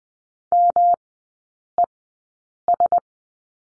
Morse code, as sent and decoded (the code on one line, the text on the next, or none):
-- . ...
MES